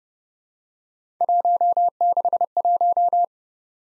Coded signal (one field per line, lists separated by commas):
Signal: Morse code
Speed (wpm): 28 wpm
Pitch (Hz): 700 Hz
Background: none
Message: 161